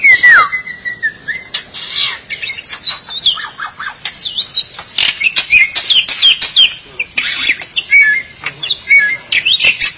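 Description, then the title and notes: Starling or myna song: a varied, continuous medley of whistles, squeaky slurred notes and harsh chatter, with a falling whistle at the start and clicks throughout. "suara burung jalak"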